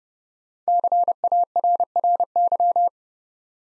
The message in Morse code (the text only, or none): CARRY